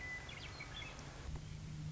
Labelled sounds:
Western Meadowlark (Sturnella neglecta)

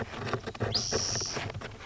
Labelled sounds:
Spotted Towhee (Pipilo maculatus)

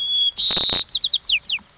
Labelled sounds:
White-crowned Sparrow (Zonotrichia leucophrys)

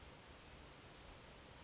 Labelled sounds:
Western Flycatcher (Empidonax difficilis)

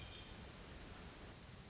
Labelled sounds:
Hermit Thrush (Catharus guttatus)

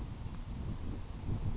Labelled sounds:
Grasshopper Sparrow (Ammodramus savannarum)

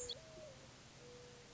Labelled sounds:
Mourning Dove (Zenaida macroura)

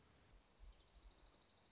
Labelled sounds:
Dark-eyed Junco (Junco hyemalis)

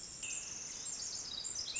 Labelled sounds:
Pacific Wren (Troglodytes pacificus)

